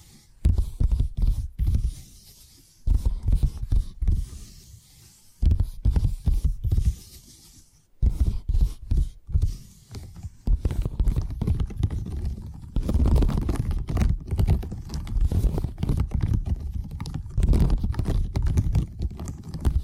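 Fingers tap in quick, uneven bursts, with soft low thuds and clicky patters like typing on a keyboard. The first half comes in short clusters separated by brief silences; from about ten seconds the tapping turns continuous, denser and brighter until the end.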